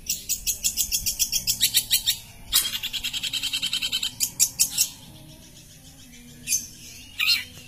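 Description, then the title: Long-tailed shrike giving fast runs of rapidly repeated sharp high notes, then a pause and two brief high bursts. "Cendet"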